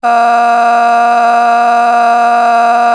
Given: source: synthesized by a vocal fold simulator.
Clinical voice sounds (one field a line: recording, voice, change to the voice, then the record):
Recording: sustained vowel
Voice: female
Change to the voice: a random mix of aspiration noise, stiffness perturbation and strain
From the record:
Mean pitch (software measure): 236 Hz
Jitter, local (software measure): 1.28%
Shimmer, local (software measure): 8.0%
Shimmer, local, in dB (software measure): 0.70 dB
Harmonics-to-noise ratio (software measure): 16.4 dB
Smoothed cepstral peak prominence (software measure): 14.8 dB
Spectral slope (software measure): -17.9 dB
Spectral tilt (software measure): -9.0 dB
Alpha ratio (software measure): -8.4 dB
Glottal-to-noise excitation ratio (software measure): 0.896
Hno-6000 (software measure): 1.9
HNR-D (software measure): 37.6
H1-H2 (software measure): -5.3 dB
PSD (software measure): 5.8e-05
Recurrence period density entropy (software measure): 0.117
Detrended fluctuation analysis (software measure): 0.0112